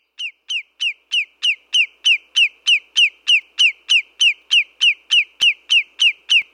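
Lesser yellowlegs giving a long, even series of clear, down-slurred whistled notes, about three per second, with one sharp click late on.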